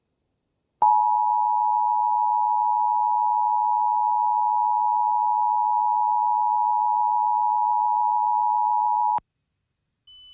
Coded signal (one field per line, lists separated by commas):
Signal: Emergency Alert System (SAME) tones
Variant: 853 and 960 Hz attention tone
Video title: EAS Mock: A Meteorite Impact?